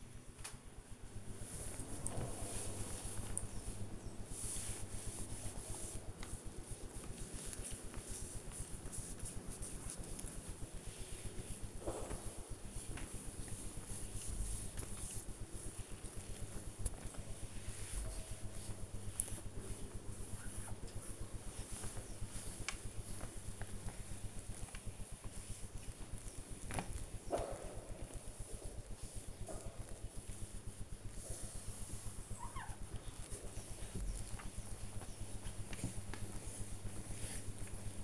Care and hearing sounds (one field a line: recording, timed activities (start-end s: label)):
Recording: household activities, microphone on the right wrist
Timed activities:
0.00-38.04 s: window cleaning